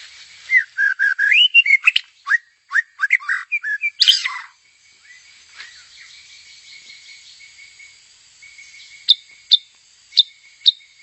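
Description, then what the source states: White-rumped Shama song: a busy warbled phrase of whistles and chips, a quiet gap, then four sharp high notes. Female.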